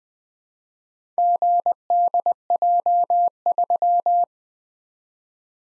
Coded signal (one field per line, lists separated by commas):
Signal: Morse code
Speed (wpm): 20 wpm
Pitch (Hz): 700 Hz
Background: none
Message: GDJ3